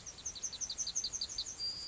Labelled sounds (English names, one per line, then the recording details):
Yellowhammer song
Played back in grassland
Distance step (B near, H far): E
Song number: 004